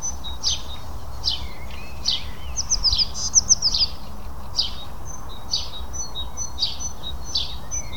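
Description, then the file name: House sparrow calling with short, high chirps repeated roughly once a second, with a brief faster burst midway, over a steady low rumble of background noise. "Passer domesticus"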